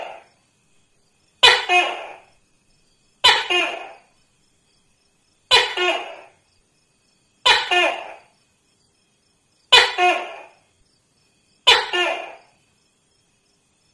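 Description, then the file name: Tokay gecko calling steadily, six sharp, throaty double notes about two seconds apart. "tieng-tac-ke-keu-5-tieng"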